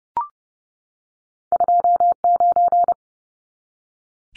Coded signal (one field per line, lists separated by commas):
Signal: Morse code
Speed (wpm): 30 wpm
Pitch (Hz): 700 Hz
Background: none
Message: 29